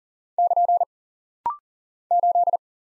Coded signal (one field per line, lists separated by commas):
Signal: Morse code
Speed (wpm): 39 wpm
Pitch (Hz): 700 Hz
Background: none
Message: <KN> 8